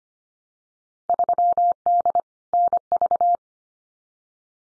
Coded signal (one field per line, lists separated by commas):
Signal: Morse code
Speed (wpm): 25 wpm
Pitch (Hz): 700 Hz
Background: none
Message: 3D NV